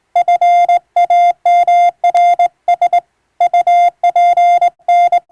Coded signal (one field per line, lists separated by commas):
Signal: Morse code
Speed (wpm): 21 wpm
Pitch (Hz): 700 Hz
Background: none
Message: FAMRS UPN